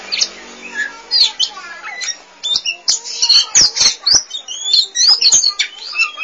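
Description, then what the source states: Oriental magpie-robin song: busy, varied chattering of quick chirps, slurred whistles and scratchy notes, delivered in rapid bursts several times a second. Chirping song (kicauan) of the bird.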